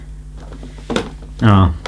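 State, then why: Not seated. The upper unit of a Dyson AM2 Hot & Cool fan is twisted onto its plastic base, over a low steady hum and brief knocks around 0.9 and 1.0 seconds. Someone then talks. The unit has not clicked into the base, though it sits in place.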